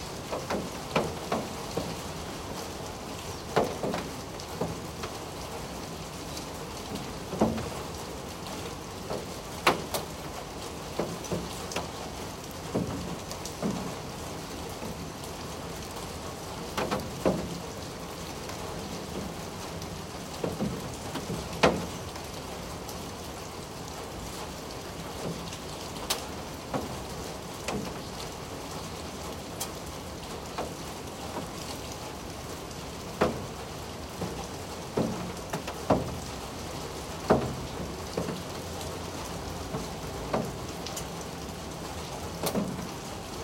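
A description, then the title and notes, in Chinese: Steady rain on a balcony during a monsoon shower, a dense hiss broken by frequent sharp drips and taps every second or two. 下雨的我家陽台。東北季風降雨。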